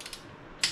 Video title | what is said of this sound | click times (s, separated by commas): Cam Chest upgrade part 2 on a 2018 Street glide | I don't know if you guys could hear the uh torque wrench clicking off | 0.6 s